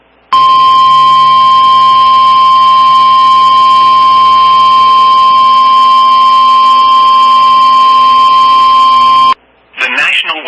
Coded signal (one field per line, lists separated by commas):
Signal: Emergency Alert System (SAME) tones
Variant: 1050 Hz attention tone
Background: speech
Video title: (VALID TONES) EAS Base Tornado Warning when Tornado was confirmed (03/19/25)